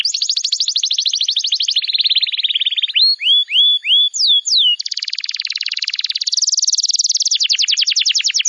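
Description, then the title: Bar-winged prinia song mixing fast buzzy trills, a few loud down-slurred notes, then dense rapid trilling. "Ciblek Sawah"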